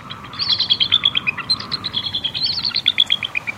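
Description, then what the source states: Bald eagle quavering cry: rapid runs of high, thin chirping notes, each series stepping down in pitch, repeated in quick stuttering succession over a soft background hiss. Calling in winter, December, from a snag above the Columbia River near Bridgeport, north-central Washington, where dammed river lakes hold thousands of water birds.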